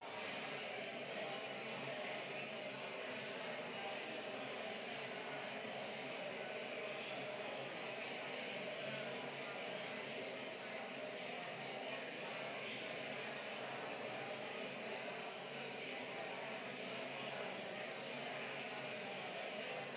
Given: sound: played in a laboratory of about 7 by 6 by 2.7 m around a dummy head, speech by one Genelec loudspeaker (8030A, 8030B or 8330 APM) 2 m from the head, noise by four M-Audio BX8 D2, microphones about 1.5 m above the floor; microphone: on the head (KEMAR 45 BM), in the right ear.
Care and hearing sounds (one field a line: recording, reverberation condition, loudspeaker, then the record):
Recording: babble noise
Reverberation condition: high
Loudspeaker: four, about 170 cm from the corners of the room and facing them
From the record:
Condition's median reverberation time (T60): about 1300 ms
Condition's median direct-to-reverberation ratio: about -4.0 dB